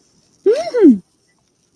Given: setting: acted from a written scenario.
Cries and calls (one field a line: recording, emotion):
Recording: vocal sound without words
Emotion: positive surprise